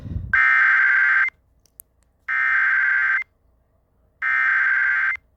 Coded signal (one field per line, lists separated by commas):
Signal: Emergency Alert System (SAME) tones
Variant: header bursts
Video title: Eas FFW in Honolulu hawaii Eas#418